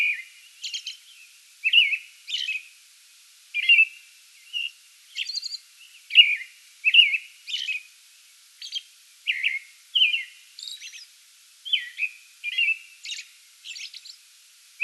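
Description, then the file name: American robin pouring out a continuous song bout, whistled caroling phrases mixed with high squeaky notes, barely pausing over the whole stretch. Pre-dawn song bout recorded 8 May 2022. "2022-05-08 American Robin pre-dawn song bout"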